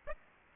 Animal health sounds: mosquito wingbeat signal from an infrared sensor; Aedes aegypti

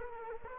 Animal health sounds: mosquito wingbeat signal from an infrared sensor; Culex quinquefasciatus

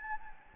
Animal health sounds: mosquito wingbeat signal from an infrared sensor; Anopheles gambiae

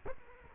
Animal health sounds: mosquito wingbeat signal from an infrared sensor; Culex quinquefasciatus

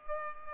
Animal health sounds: mosquito wingbeat signal from an infrared sensor; Culex pipiens

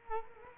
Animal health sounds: mosquito wingbeat signal from an infrared sensor; Culex quinquefasciatus

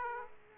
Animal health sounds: mosquito wingbeat signal from an infrared sensor; Aedes aegypti

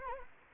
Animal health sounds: mosquito wingbeat signal from an infrared sensor; Anopheles arabiensis

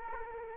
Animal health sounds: mosquito wingbeat signal from an infrared sensor; Culex quinquefasciatus

